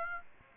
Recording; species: mosquito wingbeat signal from an infrared sensor; Aedes aegypti